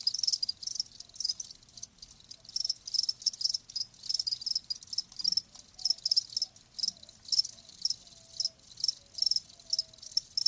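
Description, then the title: Cricket chorus of fast high chirps in dense repeated bursts, with a faint low whistle-like tone drifting underneath in the second half. Crickets chirping, presented as lulling sleep sounds. "Live Crickets Chirping"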